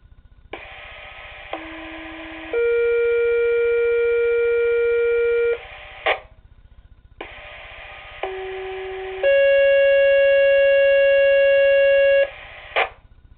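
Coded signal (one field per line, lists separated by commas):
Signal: two-tone page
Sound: radio hiss, then a 1 s low tone and a 3 s higher tone, repeated twice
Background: radio static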